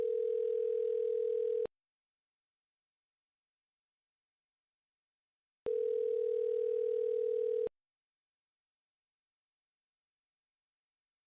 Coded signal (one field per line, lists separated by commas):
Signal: telephone call progress tone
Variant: North America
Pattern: ringback tone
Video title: AUDIO RP | Consulted and Teased by a Flirtatious Vampire Prime [ft. CW] [F4A]